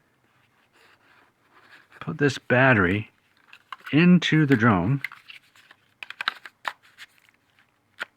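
A plastic flight battery pack is handled at the battery bay of a RUKO F11PRO 2 drone while someone talks. Short scraping and tapping sounds occur around 3.4–3.8 s and 6.0–6.7 s, with one more at 8.0 s. Nothing has seated or clicked into the bay yet.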